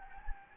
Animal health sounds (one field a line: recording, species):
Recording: mosquito wingbeat signal from an infrared sensor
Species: Anopheles gambiae